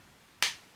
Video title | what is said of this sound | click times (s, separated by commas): Pat McGrath Holiday Gilded Nirvana & Chantecaille Éclat Cristalline Collection | Close until the cap clicks, so it doesn't have a magnetic closure. | 0.4 s